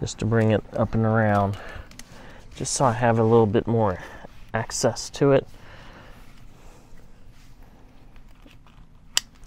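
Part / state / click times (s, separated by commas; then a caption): seat cover fitting into driver's seat / seated / 9.2 s. Someone talks while fitting a fabric seat cover onto the driver's seat of a Newmar RV motorhome, then a piece of the cover is pushed into the seat. After the talk stops there are a few faint ticks, then one sharp snap at 9.2 s as the piece pops into the seat and is seated.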